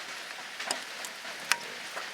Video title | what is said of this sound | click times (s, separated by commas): Front Wheel Bearing Replacement on 2008 - 2012 Malibu | Snaps back in. Make sure that this clip is in securely. I can see that it's not | 1.5 s